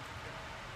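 During an air test on a soft-bait injector after its O-rings were replaced, the top is covered with a finger and the injector tube is pulled out of the injector body so that a snap back would show no air leaks around the O-rings. Only a steady, even broadband hiss is heard, with no sharp sounds. The tube has not snapped back into its seat yet, so nothing has seated or clicked.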